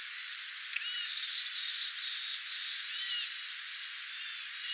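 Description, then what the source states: Tits in a flock giving quick, high chattering calls and short buzzy phrases, several birds overlapping, with a few thin whistled notes. A flock of tits recorded on 25 October 2024.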